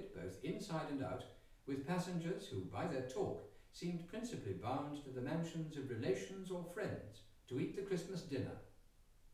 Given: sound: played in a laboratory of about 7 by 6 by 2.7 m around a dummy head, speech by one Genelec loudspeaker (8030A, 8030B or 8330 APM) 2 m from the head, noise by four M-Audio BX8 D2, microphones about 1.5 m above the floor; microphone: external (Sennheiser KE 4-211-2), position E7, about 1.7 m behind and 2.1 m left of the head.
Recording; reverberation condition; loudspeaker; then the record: male speech in English; medium; 30 degrees to the right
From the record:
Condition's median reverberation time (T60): about 510 ms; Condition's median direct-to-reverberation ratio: about -0.5 dB